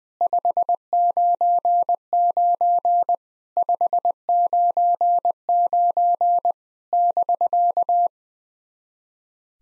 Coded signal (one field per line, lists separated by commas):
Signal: Morse code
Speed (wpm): 21 wpm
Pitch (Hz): 700 Hz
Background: none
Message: 599 599 <BK>